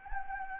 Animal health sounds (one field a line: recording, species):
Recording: mosquito wingbeat signal from an infrared sensor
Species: Anopheles gambiae